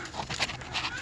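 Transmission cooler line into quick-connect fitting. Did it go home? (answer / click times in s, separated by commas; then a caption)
no / none. A metal transmission cooler line on a 2004 Chevy Colorado 4x4 is shoved into its quick-connect fitting, producing only soft scraping and rustling with no sharp transient. No click or pop is heard, and the line has not seated or clicked in yet; it may need to be wiggled.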